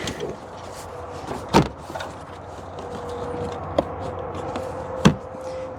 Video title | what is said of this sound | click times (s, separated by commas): Pontiac Solstice Waterfall Panel Replacement | Okay, so there's one, and they can click into place. | 5.0 s